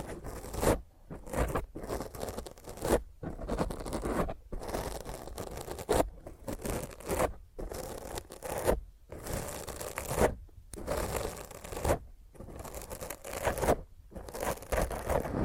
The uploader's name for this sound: Intense Rough Mic Scratch using HandNails